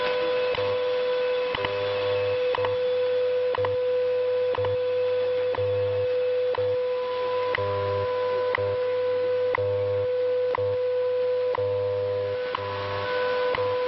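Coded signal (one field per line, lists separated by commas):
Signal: radio time signal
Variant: WWV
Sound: steady 500 Hz tone interrupted by sharp ticks roughly once per second, with background hiss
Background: radio static, interfering stations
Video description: This really was a jumble of a bunch of time stations and you can hear them interfering with each other when WWV goes quiet.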